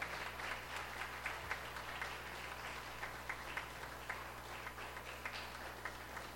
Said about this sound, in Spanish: ¿Puede dar un aplauso a Dios por los niños, hermano? Gracias, niños.